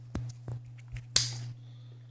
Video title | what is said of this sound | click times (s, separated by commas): Coast BX309 Folding Knife Review - Strong, Sharp & Light! | Hear that click? | 1.2 s